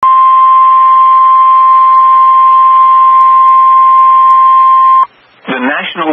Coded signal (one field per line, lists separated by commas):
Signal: Emergency Alert System (SAME) tones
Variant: 1050 Hz attention tone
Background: speech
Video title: WELCOME SOUTH KNOXVILLE EAS #21